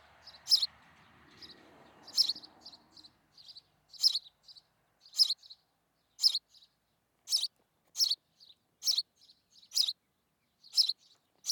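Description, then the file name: House sparrow chirps, loud harsh notes repeated with softer short notes between, over background noise in the first few seconds. "Passer domesticus"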